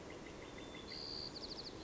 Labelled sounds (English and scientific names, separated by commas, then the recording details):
White-crowned Sparrow (Zonotrichia leucophrys)
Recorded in Sonoma County, California